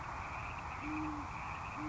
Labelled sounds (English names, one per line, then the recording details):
Great Horned Owl
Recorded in Sonoma County, California